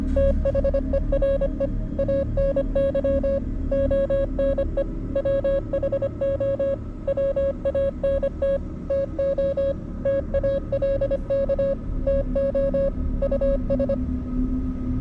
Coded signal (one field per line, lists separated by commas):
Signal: Morse code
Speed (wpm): 25 wpm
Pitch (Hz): 550 Hz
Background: music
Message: THERE ANY ONE WHO WANT TO TALK TO US